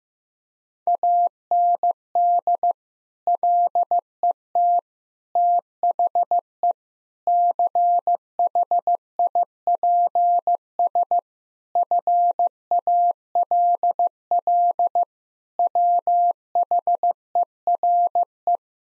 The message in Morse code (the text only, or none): AND LET THE CHIPS FALL WHERE